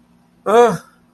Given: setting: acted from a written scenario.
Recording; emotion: vocal sound without words; fear